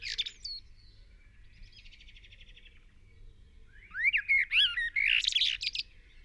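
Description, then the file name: Eurasian blackbird delivering a loud phrase of rising, swooping whistles and squeaky notes near the end, after a quieter stretch with a faint buzzy trill. "Turdus merula"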